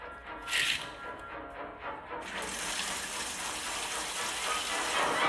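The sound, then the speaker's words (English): A shower turns on with a few splashy bursts, then settles into a loud, steady hiss of spraying water that continues without a break. No one speaks. “Better off in the shower.”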